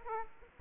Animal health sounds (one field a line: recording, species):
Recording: mosquito wingbeat signal from an infrared sensor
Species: Aedes aegypti